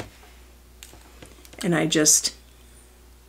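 A 3 mm plastic guide comb is handled against the head of an electric pet clipper, with a few faint handling taps around 0.8, 1.2 and 1.5 s before someone talks briefly. Nothing has seated or clicked yet; the comb is not yet home on the clipper.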